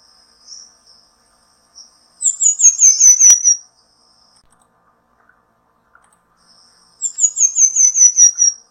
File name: canto do tangarazinho